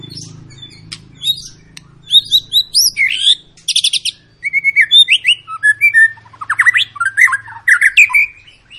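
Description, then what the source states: White-rumped shama song, crisp and loud: clear whistled phrases, fast trills and rising slurs delivered in quick bursts over a soft background hum. Long, vigorous song of a white-rumped shama, used as a lure to make other birds sing.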